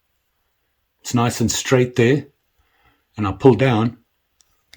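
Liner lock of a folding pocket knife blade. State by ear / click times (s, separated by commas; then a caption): seated / 4.7 s. Someone talks while pulling the carbon steel blade of a Rough Ryder Classic Carbon Utility linerlock folding pocket knife down to open it fully. The liner lock at first does not engage, then catches with a short, sharp click at 4.7 s, just after a faint tick at 4.4 s. The lock is seated.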